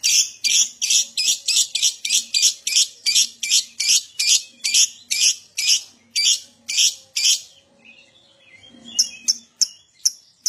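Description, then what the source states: Lovebird song: a long, fast, even series of shrill raspy chirps, then a pause and scattered high squeaks. Adult lovebird singing constantly (gacor) in the 'owor owor' style.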